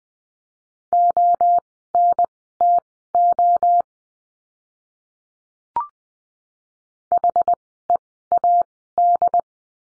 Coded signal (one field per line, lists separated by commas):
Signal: Morse code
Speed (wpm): 20 wpm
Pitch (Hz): 700 Hz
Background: none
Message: ONTO HEAD